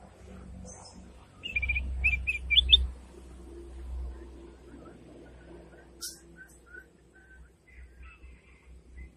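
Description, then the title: Sooty-headed bulbul delivering a lively, bubbling phrase of clear chirped notes, followed by scattered faint high calls and low background rumble. "Suara Burung Kutilang"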